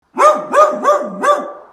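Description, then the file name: Dog barking: four quick, sharp barks in under two seconds, each with a short rising onset, the last one trailing off. "狗-动物叫声"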